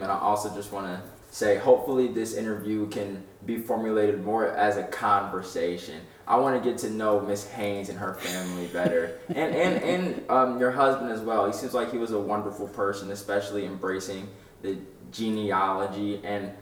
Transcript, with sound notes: I also just want to say, hopefully, this interview can be formulated more as a conversation. I want to get to know Ms. Haynes and her family better [LAUGHTER] and your husband as well. It seems like he was a wonderful person, especially embracing the genealogy.